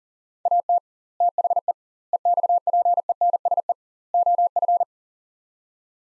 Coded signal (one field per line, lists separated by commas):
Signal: Morse code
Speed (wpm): 40 wpm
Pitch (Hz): 700 Hz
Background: none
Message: AT THE EXPENSE OF